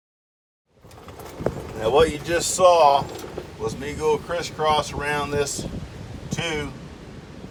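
A click-type torque wrench set to 20 lb tightens the bolts of a rear axle differential cover in a crisscross pattern. A sharp, short click sounds at 1.5 s as the wrench reaches its setting, and then someone talks.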